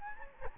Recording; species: mosquito wingbeat signal from an infrared sensor; Anopheles gambiae